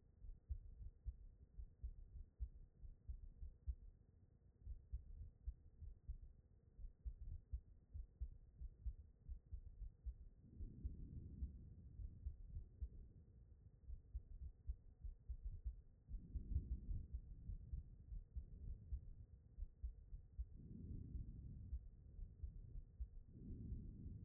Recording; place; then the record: heart sounds by stethoscope; aortic valve (AV)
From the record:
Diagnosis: HFrEF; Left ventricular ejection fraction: 35%